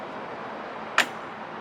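A soft top retaining clip on the soft top frame of a 2021+ Bronco 4-door with a 21 Offroad gas strut assist, which would not come back down, is raised and pushed back down against a steady low background hiss. A single sharp, bright snap at 1.0 s marks the clip going over and seating.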